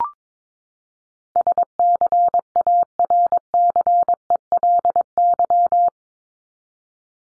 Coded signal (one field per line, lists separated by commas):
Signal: Morse code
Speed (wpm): 22 wpm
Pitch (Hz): 700 Hz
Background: none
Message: SCARCELY